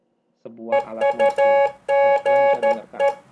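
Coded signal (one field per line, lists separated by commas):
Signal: Morse code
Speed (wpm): 13 wpm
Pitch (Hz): 560 Hz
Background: speech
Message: EUGE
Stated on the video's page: Morse is one of the text data communication methods covered in a microcontroller course.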